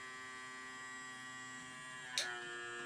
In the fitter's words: oh and then do you hear that click